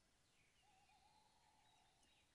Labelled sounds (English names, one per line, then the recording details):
Tawny Owl
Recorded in Germany
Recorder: ecoPi